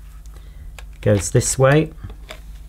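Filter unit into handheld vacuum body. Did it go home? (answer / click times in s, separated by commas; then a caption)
no / none. The cleaned plastic filter unit is being handled and pushed back into the body of a Shark WandVac cordless handheld vacuum while someone talks. A few faint handling ticks come at about 0.3, 0.8, 2.1 and 2.3 seconds. The clip ends before the part goes home, and nothing has seated or clicked yet.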